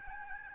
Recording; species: mosquito wingbeat signal from an infrared sensor; Aedes albopictus